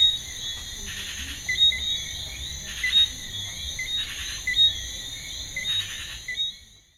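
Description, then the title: Crickets keep up a constant high-pitched trill with several brief louder bursts of chirping, before the sound fades out. Evening garden recording on the outskirts of Ajoupa-Bouillon, Martinique, 8.25 PM, 7 March 2016; Sony PCM D50, FEL preamp, RODE NT4. "Martinique: Frogs and crickets in Ajoupa-Bouillon"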